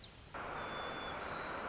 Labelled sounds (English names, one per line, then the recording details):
White-crowned Sparrow
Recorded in Sonoma County, California